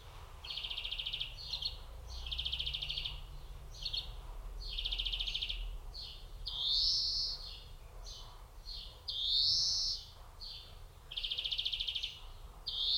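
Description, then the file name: European greenfinch giving buzzy, rattling trills interspersed with rising nasal wheezes, repeated steadily over a low background rumble. "Chloris chloris"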